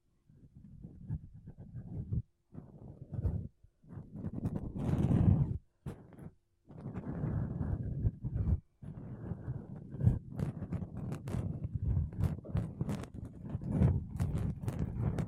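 Makeup brushes and a sponge brush across a microphone in low, rustling strokes, some long and some short, separated by brief silences and occasional sharp taps.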